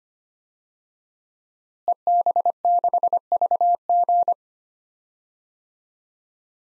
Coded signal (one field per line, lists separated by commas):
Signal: Morse code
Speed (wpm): 25 wpm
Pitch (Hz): 700 Hz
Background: none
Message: EB6VG